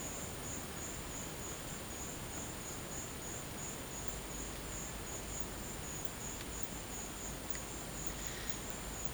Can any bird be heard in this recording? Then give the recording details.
no. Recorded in dense forest near Puerto Asís, Putumayo, Colombia, on 22 December 2024 at 13:00. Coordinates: 0.484, -76.317. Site G026